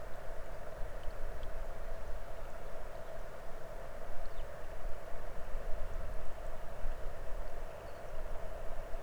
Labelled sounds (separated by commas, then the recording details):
songbird, water
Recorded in the Arctic National Wildlife Refuge, Alaska, on 22 May 2019 at 00:30
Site 33